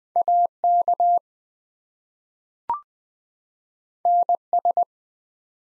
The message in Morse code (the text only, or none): AK NS